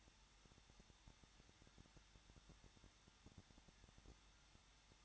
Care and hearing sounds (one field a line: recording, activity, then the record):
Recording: daily activity, microphone in the room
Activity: no activity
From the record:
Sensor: 3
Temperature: 21.2 degrees Celsius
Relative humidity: 36.4%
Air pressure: 1006.4 hPa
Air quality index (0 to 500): 223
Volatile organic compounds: 43 ppm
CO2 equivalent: 3190 ppm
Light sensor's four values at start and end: 2/3/2/2 and 2/3/2/2